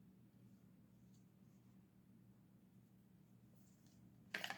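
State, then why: Seated. A fixed-blade knife is pushed into its sheath over a quiet, steady low hum, until the retention catches with a sharp, bright click at 4.4 s, followed by two smaller rattling clicks. The knife is seated in the sheath.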